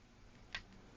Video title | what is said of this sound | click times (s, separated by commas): Razor Hovertrax charger port repair. | There we go. I heard a small click, | 0.5 s